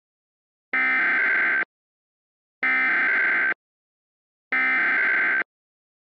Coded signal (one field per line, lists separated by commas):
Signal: Emergency Alert System (SAME) tones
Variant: header bursts